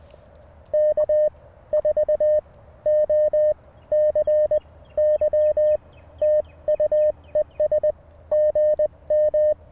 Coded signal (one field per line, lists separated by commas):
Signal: Morse code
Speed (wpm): 20 wpm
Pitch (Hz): 610 Hz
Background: none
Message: K4OCY TU ES GM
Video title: Morning Morse Code w/ Mountain Topper MTR5B - 2/23/24